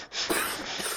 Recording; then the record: coughing mixed with background sound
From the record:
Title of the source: 30 Chesty and wet cough